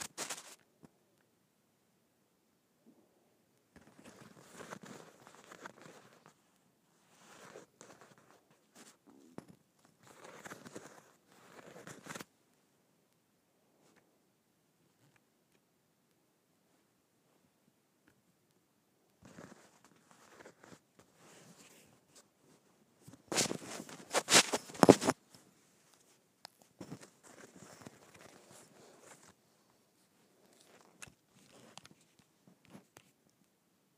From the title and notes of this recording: ASMR Scratching Bumpy Leather.